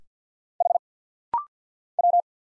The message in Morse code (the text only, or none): H W